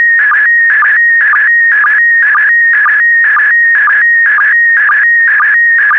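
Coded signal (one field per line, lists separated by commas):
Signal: SSTV (slow-scan television)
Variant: PD120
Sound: warbling, buzzy tone with regular clicks about twice a second, steady throughout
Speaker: get ready starting transmission in 5 4 3 2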